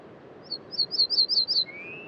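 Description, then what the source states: Ortolan Bunting song, clear and loud: several high ringing notes repeated quickly and evenly, ending in a lower, longer rising whistle, with faint background hiss. Recorded at dawn on 23 June 2018 near the Col du Granon, Hautes-Alpes above Briançon, France, this time without the noise of a torrent.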